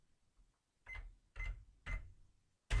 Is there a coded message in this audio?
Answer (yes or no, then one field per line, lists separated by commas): no